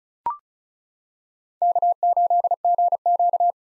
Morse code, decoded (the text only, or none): K8GQ